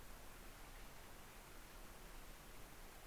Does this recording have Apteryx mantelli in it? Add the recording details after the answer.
no. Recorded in New Zealand on 3 November 2013. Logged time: 01:58. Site CV71